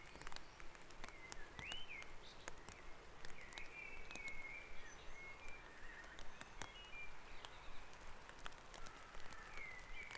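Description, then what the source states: Birds singing in a dawn chorus, thin whistled phrases and a rising sweep near the start, over a steady background hiss with scattered sharp clicks. Dawn chorus recorded on Back Dragon Avenue, Harrogate, as part of the Sound Map of Harrogate.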